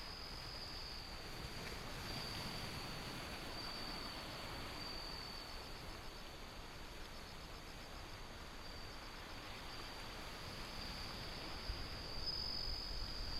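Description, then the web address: Bell cricket, a high steady ringing trill with rapid pulsed sections, set against strong gusty wind and a low rushing roar throughout. Windy, with ocean sound. "windy scape osean sound suzumushi"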